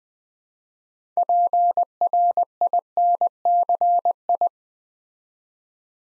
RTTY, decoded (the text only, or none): none